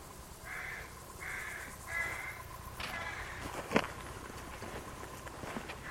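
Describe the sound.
Bird calls: three harsh, drawn-out cawing notes in quick succession, then scattered clicks and knocks over steady background noise.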